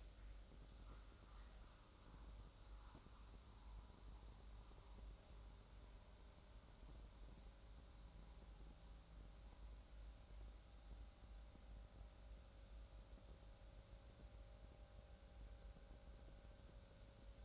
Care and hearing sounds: daily activity, microphone in the room; make coffee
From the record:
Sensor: 3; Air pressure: 994.5 hPa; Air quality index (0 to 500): 206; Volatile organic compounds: 1000 ppm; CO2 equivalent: 6881 ppm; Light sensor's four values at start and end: 202/485/205/204 and 197/472/199/198

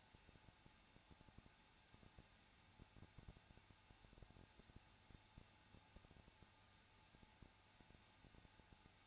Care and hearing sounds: daily activity, microphone in the room; no activity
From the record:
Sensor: 2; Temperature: 21.0 degrees Celsius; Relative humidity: 34.2%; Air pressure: 994.4 hPa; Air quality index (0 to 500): 170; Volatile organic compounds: 3 ppm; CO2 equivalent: 1325 ppm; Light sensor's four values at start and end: 2/3/2/2 and 2/3/2/2

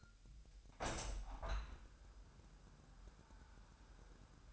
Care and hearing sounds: daily activity, microphone in the room; open window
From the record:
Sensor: 2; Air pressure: 1000.2 hPa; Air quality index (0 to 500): 240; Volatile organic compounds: 79 ppm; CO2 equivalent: 3602 ppm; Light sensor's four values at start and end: 8/20/8/8 and 9/21/9/9

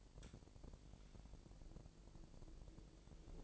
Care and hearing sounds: daily activity, microphone in the room; take from stove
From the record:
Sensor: 5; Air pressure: 1002.0 hPa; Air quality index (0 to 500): 253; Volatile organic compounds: 10 ppm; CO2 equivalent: 2233 ppm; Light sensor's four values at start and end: 20/43/19/21 and 21/43/19/22

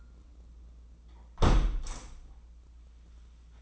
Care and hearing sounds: daily activity, microphone in the room; close window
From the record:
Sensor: 1

